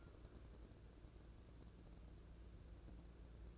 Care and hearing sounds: daily activity, microphone in the room; take from stove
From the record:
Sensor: 2

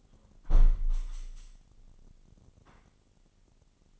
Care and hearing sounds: daily activity, microphone in the room; close window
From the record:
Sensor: 4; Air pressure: 998.8 hPa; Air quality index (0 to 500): 112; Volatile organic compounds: 2 ppm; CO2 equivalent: 1098 ppm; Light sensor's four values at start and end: 10/24/9/10 and 10/24/9/10

